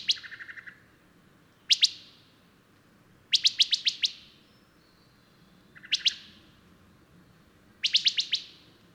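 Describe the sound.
Bird singing repeated bursts of crisp, high, rapid chirps with pauses between, some phrases opening with a lower trill.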